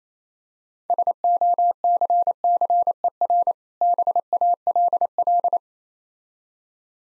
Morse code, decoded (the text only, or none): SOCCER BALL